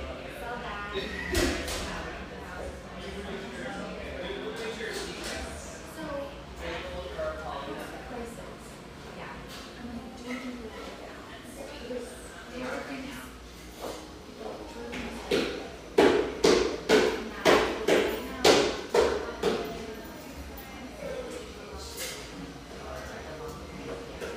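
A busy café near the beach hums with overlapping conversation and a steady low murmur throughout. Occasional clinks sound early on, and around the sixteen to nineteen second mark a quick run of sharp taps or clatters stands out above the chatter.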